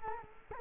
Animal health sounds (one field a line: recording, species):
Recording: mosquito wingbeat signal from an infrared sensor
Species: Culex quinquefasciatus